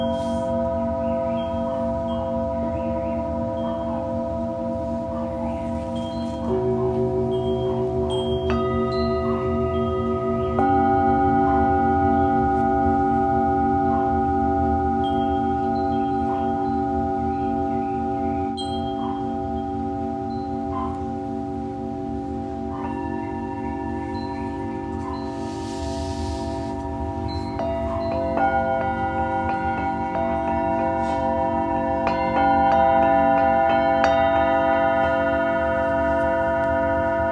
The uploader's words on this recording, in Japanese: シンギングボウルのサウンドヒーリング。チベタンシンギングボウル。